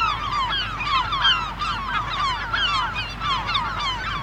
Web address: KMP Film Video Sound Effects - Krijsende Meeuwen In De Duinen